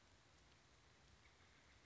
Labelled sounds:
Steller's Jay
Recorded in Sonoma County, California

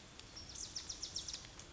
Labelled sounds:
Wilson's Warbler
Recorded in Sonoma County, California

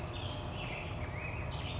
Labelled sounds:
Black-headed Grosbeak
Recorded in Sonoma County, California

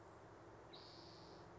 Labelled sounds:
Spotted Towhee
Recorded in Sonoma County, California

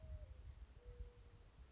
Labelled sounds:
Mourning Dove
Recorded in Sonoma County, California

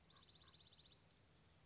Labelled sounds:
Common Raven
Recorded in Sonoma County, California

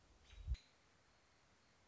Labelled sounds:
American Robin
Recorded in Sonoma County, California

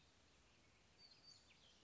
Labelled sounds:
Western Flycatcher
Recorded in Sonoma County, California

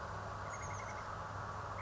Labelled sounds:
Oak Titmouse
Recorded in Sonoma County, California

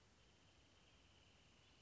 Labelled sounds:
Wrentit
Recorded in Sonoma County, California

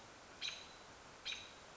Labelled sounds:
American Robin
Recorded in Sonoma County, California

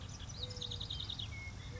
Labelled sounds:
Mourning Dove
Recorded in Sonoma County, California

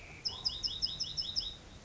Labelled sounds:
California Towhee
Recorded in Sonoma County, California

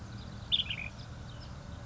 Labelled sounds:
Ash-throated Flycatcher
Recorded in Sonoma County, California

